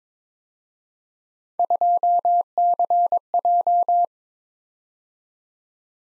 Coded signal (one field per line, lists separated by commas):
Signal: Morse code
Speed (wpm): 26 wpm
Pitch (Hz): 700 Hz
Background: none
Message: 2CJ